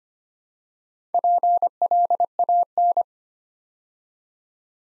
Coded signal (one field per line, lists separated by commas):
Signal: Morse code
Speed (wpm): 25 wpm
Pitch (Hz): 700 Hz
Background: none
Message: PLAN